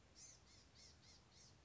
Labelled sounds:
Blue-gray Gnatcatcher
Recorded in Sonoma County, California

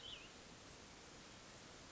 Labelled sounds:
Cassin's Vireo
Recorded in Sonoma County, California

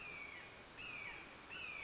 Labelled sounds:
Red-shouldered Hawk
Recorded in Sonoma County, California

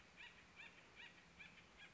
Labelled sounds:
Acorn Woodpecker
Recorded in Sonoma County, California

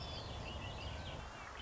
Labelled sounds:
Red-winged Blackbird
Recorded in Sonoma County, California

